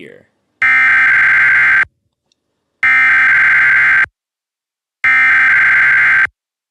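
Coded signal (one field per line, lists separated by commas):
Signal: Emergency Alert System (SAME) tones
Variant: header bursts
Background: speech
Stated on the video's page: Weekly test alert tones heard on a live stream.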